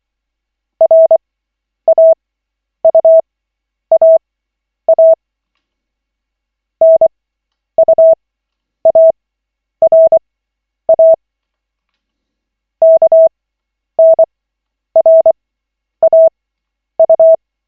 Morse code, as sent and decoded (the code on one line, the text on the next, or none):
.-. .- ..- .- .- / -. ..- .- .-. .- / -.- -. .-. .- ..-
RAUAA NUARA KNRAU